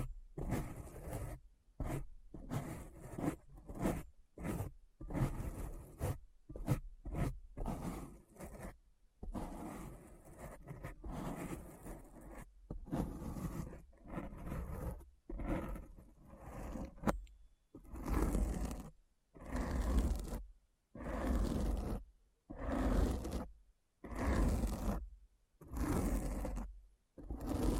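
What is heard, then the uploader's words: Scratching strokes come in rapid, uneven bursts with brief silences between them, running together into a denser, steadier stretch around the middle. In the last third the strokes become longer, louder and evenly spaced, each a rough, full-bodied rasp about a second long. ASMR Deep Brain Scratch (No Talking).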